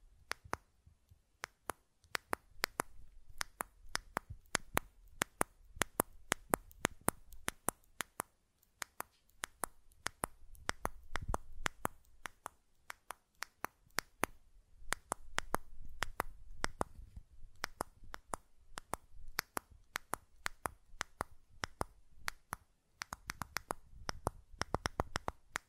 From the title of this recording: Button Clicking and Tapping Sounds